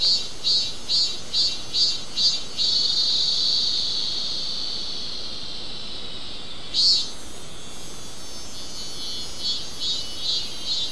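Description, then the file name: Insect chirping in rapid regular high pulses, merging into a continuous high trill, then a single burst and softer pulses returning near the end. "mainly insect"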